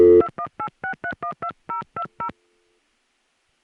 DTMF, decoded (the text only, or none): 2186312020